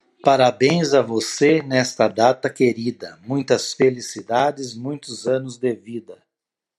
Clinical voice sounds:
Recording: short text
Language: Brazilian Portuguese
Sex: male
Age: 50 to 59 years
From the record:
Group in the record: control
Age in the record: 56 years

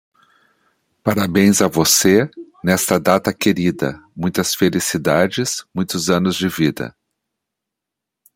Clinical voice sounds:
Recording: short text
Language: Brazilian Portuguese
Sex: male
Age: 60 to 69 years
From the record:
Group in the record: control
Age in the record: 61 years

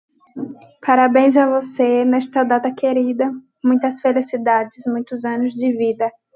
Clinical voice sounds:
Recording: short text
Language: Brazilian Portuguese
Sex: female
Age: 18 to 19 years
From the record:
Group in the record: control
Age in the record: 19 years

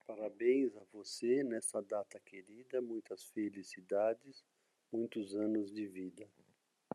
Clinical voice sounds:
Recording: short text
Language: Brazilian Portuguese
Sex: male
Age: 50 to 59 years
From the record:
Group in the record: control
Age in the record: 56 years

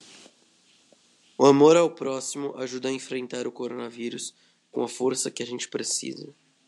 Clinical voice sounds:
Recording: spoken sentence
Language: Brazilian Portuguese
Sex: male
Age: 50 to 59 years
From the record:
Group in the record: control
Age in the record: 50 years

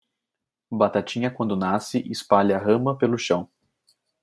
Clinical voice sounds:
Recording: short text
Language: Brazilian Portuguese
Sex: male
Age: 20 to 29 years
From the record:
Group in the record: control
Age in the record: 24 years

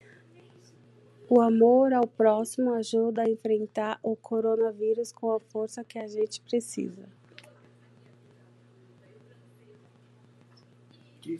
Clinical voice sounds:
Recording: spoken sentence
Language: Brazilian Portuguese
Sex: female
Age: 30 to 39 years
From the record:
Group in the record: control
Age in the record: 37 years

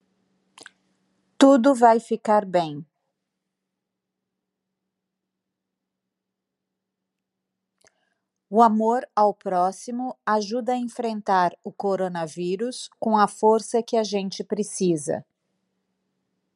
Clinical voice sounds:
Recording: spoken sentence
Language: Brazilian Portuguese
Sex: female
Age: 50 to 59 years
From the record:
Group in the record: control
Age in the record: 52 years

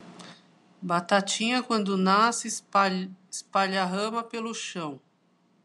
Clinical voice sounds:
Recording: short text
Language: Brazilian Portuguese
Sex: female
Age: 40 to 49 years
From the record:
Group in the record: control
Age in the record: 48 years

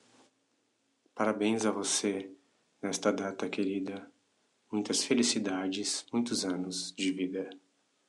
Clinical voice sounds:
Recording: short text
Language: Brazilian Portuguese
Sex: male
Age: 40 to 49 years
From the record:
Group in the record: control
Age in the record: 49 years

